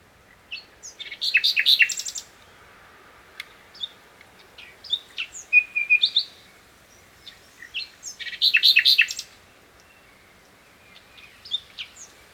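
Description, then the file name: Common nightingale song in bursts: loud rattling phrases of fast repeated notes alternate with short whistles and a clear pure tone, with pauses between phrases. "Luscinia megarhynchos"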